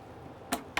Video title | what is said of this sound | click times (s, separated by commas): HP Pavilion TG01 CASE Swap & Upgrade - ARGB Baller Edition, Antec Case V2 | constant pressure and you should hear it snap | 0.5 s, 0.8 s